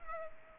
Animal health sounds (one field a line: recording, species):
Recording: mosquito wingbeat signal from an infrared sensor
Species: Culex pipiens